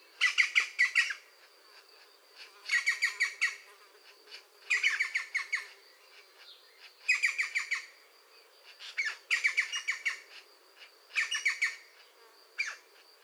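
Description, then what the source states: European green woodpecker calls: harsh, squawking bursts of several quick notes, repeated about every two seconds. A pair active at the nest.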